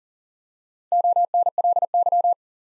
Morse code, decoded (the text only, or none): ONLY